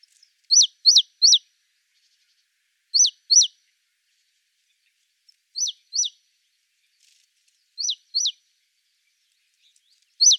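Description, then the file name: Great tit calls: sharp, high, downward-sweeping notes in quick groups of one to three, with pauses of about two seconds between groups; otherwise quiet. "Parus major"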